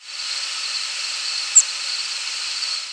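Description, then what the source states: Prairie warbler flight call: one very short, thin, high note partway through, rising clearly above a steady loud hiss that fills the rest. Night flight call.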